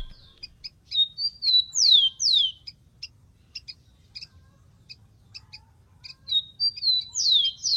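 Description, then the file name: Rufous-collared sparrow song repeated twice, clear whistles then two downward-sweeping notes, separated by a stretch of rhythmic high chips. "canto do tico tico"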